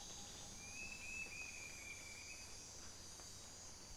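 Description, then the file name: Bird sings a long thin whistle lasting about two seconds, gently falling, against a steady shrill insect chorus. "SABIOD 50 bird 2015"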